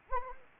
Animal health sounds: mosquito wingbeat signal from an infrared sensor; Anopheles gambiae

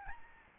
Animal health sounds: mosquito wingbeat signal from an infrared sensor; Aedes albopictus

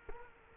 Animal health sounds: mosquito wingbeat signal from an infrared sensor; Culex quinquefasciatus

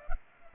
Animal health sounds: mosquito wingbeat signal from an infrared sensor; Culex pipiens

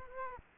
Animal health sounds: mosquito wingbeat signal from an infrared sensor; Culex quinquefasciatus

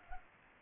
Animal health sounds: mosquito wingbeat signal from an infrared sensor; Culex pipiens

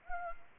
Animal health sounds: mosquito wingbeat signal from an infrared sensor; Anopheles gambiae

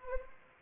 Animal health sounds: mosquito wingbeat signal from an infrared sensor; Anopheles arabiensis

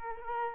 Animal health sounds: mosquito wingbeat signal from an infrared sensor; Culex quinquefasciatus

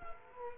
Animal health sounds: mosquito wingbeat signal from an infrared sensor; Culex quinquefasciatus

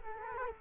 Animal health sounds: mosquito wingbeat signal from an infrared sensor; Culex quinquefasciatus

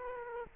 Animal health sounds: mosquito wingbeat signal from an infrared sensor; Culex quinquefasciatus

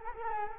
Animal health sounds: mosquito wingbeat signal from an infrared sensor; Culex quinquefasciatus

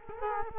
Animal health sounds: mosquito wingbeat signal from an infrared sensor; Culex quinquefasciatus

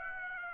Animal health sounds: mosquito wingbeat signal from an infrared sensor; Aedes aegypti

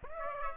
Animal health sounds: mosquito wingbeat signal from an infrared sensor; Aedes aegypti

